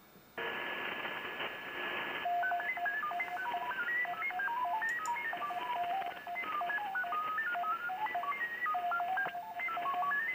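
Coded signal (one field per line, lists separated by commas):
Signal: FT8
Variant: SuperFox mode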